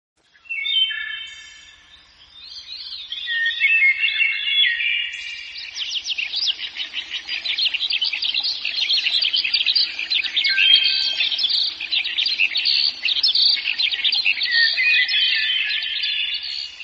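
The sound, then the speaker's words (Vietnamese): Continuous, lively birdsong of hwamei and other songbirds played from a cassette player at dawn, before 5 a.m., to lure wild birds in a forest: rapid warbling trills and high, sweet chirps running without pause, full and steady in volume, with a faint low hum beneath. “Chưa tới 5 giờ, trời đã sáng trưng, âm thanh líu lo của chim họa mi và âm tước từ máy cassette được phát ra dụ khị.”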